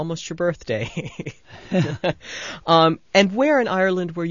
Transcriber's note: laughs